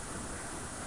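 A small microphone module from a Gateway EC1440u 11.6-inch laptop is handled as it is pressed back toward its plastic holder in the screen bezel housing. Only steady, broadband hiss is heard, with no distinct click or snap. Nothing has seated or clicked yet.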